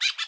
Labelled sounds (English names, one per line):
Brown-throated Parakeet contact call